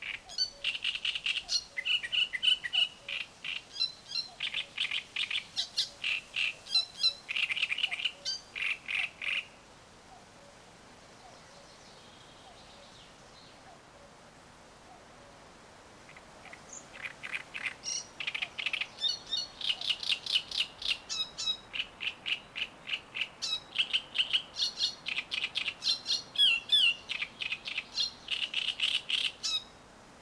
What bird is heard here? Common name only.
Great Reed Warbler